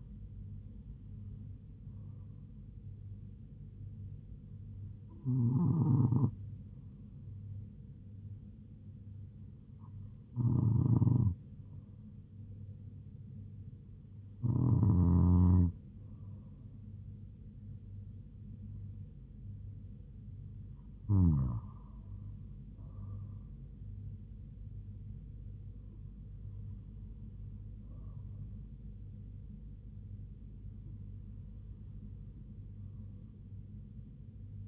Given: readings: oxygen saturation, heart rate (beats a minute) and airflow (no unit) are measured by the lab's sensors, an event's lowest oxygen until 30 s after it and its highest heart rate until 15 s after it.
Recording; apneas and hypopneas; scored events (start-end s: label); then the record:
breathing in sleep by a smartphone at the bedside; none
none scored
From the record:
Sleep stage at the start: N2 (light sleep); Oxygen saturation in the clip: 96 to 97%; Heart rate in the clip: 71 to 79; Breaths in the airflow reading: 8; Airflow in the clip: -4.6 to 4.0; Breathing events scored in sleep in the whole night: 158 in 7.3 hours asleep